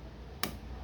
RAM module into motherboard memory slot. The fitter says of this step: ó. Dois cliques. Vocês contaram dois cliques.